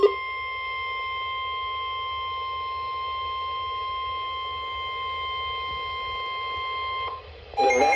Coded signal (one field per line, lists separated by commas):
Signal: Emergency Alert System (SAME) tones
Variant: 1050 Hz attention tone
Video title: Special Marine Warning (EAS #71)